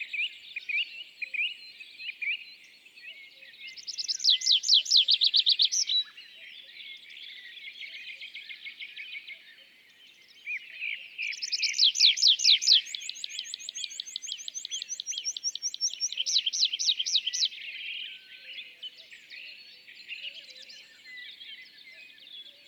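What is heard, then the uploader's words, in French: A tree pipit sings from a perch, its song coming in two long bursts around 4–6 and 11–18 seconds: rapid, loud trills of bright repeated notes, one ending in thin high whistles. Softer twittering and chirps fill the gaps, with faint birdsong in the background. La Sarcena - Val Drôme - Nagra seven - mkh40. Arrivés depuis quelques jours de leur migration le Pipit des arbres (Anthus trivialis) a commencé ses parades sur un arbre isolé au pied d'une prairie.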